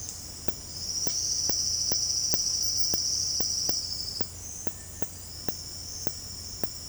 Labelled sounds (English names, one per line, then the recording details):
Silvered Antbird
Cinereous Tinamou
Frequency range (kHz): Silvered Antbird 3.5-8.2 kHz; Cinereous Tinamou 1.3-2.2 kHz
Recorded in dense forest near Puerto Asís, Putumayo, Colombia, on 18 February 2024 at 08:00
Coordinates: 0.487, -76.319
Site G6403